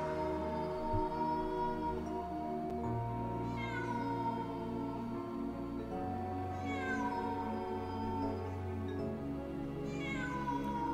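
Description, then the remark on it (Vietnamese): A cat following closely behind people fleeing a cemetery yowls in long, drawn-out, resentful wails, three rising-and-falling cries strung together over a steady low drone, loud and mournful with no voices present. “Đằng sau là tiếng con mèo vẫn bám sát đằng sau lưng, tiếng kêu đầy oán hận.”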